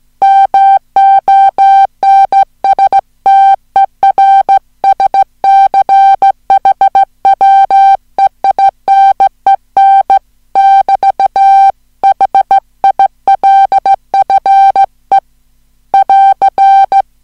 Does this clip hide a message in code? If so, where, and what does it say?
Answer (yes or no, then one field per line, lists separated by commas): yes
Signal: Morse code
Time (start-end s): 0.2-17.0 s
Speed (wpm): 14 wpm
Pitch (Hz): 780 Hz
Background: music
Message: MONSTERSCHWEINEN <BT> HILFE <AR>